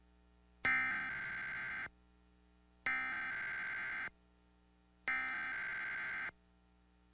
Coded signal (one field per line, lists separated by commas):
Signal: Emergency Alert System (SAME) tones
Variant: header bursts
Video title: WBOC Emergency Alert System - Required Weekly Test (May 31, 2021)